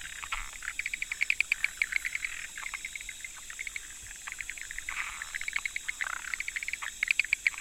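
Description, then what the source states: Frog chorus of quick clicks and short rattling trains, several callers overlapping in bursts, a steady hiss beneath. 25 October 2014.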